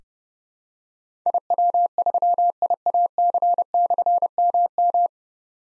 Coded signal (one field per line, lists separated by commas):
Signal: Morse code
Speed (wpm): 28 wpm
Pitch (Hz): 700 Hz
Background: none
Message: IW3IAC/MM